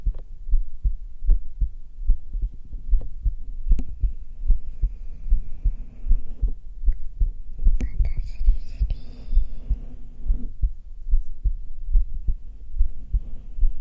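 Steady, muffled low thumps repeat at about 73 beats a minute, a plain heartbeat picked up on bare skin against the chest with a 3Dio binaural microphone. A brief rustle of movement or fabric passes through the middle.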